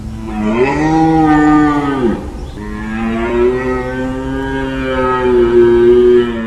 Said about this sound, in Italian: Ma questa è una mucca. No, è un cervo. È una mucca con le corna. È un verso potentissimo. Lo si usa per contarli.